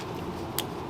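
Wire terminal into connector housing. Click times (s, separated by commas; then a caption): 0.6 s. A black wire terminal is pushed into a plastic connector housing and seats with a short, sharp click at 0.6 s, over a steady low background hum. The terminal is confirmed seated with positive engagement, checked by a tug. No one talks in the clip.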